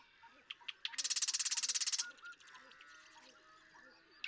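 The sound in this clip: Marsh Wren song: clicking notes leading into one fast, high rattle of about a second, then quieter twittering.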